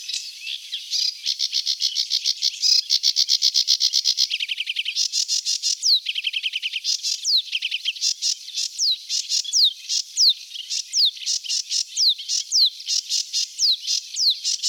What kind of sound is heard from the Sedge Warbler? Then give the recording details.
song. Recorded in the wild. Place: Flögelner See, SH, Schleswig-Holstein, DE. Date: 1980-05-28. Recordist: Schwarz, Dieter